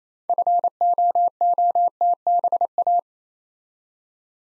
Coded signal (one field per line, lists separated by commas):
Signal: Morse code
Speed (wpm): 27 wpm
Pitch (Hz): 700 Hz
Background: none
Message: FOOTBA